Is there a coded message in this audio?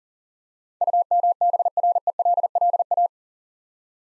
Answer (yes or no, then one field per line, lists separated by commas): yes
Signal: Morse code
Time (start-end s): 0.8-3.1 s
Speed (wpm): 41 wpm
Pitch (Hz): 700 Hz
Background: none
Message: UMBRELLA